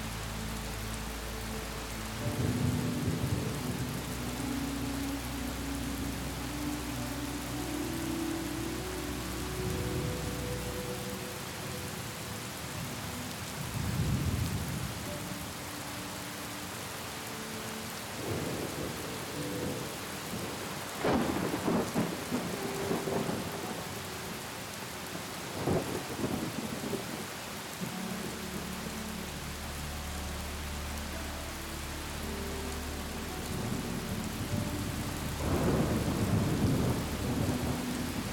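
Steady rain hisses throughout while a soft melody drifts over it in slow, held tones. Low rumbles of thunder roll in around 14, 21, 26 and 35 seconds, and a deep, sustained drone hums beneath the opening and closing stretches.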